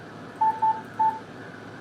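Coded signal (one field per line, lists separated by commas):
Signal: none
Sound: a game's interface beeps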